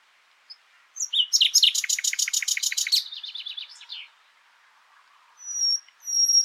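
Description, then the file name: Common nightingale song: a fast, loud series of evenly repeated notes for about two seconds, trailing into softer notes, then two thin high whistles. "Luscinia megarhynchos"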